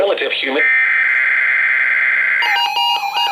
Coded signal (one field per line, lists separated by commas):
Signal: Emergency Alert System (SAME) tones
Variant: header bursts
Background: speech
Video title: Required Weekly Test - 01/29/20 (EAS #2,011)